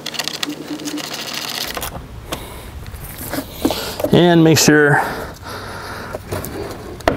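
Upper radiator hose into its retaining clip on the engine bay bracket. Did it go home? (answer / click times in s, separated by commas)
yes / 7.1 s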